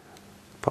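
While posing a plastic SH Figuarts Kamen Rider Den-O Climax Form action figure, its double-jointed leg pops off the hip ball peg. After a quiet stretch, a sharp double snap comes at 0.6 s and 0.7 s as the leg releases, since the joint doesn't click in.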